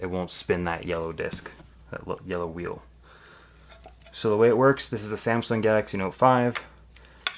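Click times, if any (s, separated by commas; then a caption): 7.3 s. A Samsung Galaxy smartphone is pressed into the plastic phone mount of a spotting-scope/binocular phone adapter while someone talks. After the talk come a few faint handling sounds, then a sharp snap at 7.3 s as the phone seats in the mount.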